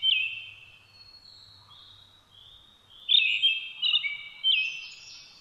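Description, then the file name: Brown-headed thrush song: clear whistled phrases in short bursts, one near the start and a louder series of several notes after a pause of about three seconds. 17 June 2009 at 06:48. "akahara-20090617-0648"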